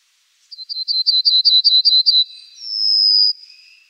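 Pine bunting singing a fast run of high repeated chips that ends in a long, level whistled note, followed by a faint lower tone.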